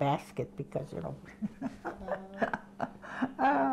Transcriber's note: she laughs